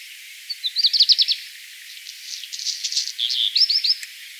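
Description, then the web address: Black redstart song: a thin whistle, then a dry crackling rattle, a pause and a second scratchy phrase with buzzy notes near the end. Song, by Lars Lachmann for NABU. "vogelstimmen hausrotschwanz gesang nabu lars lachmann"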